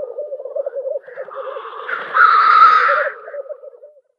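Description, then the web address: Black grouse display: soft bubbling cooing that gives way to one loud, rasping hiss-sneeze, then the bubbling drifts back and fades out. Male display. "Schulze Peter Black Grouse male display"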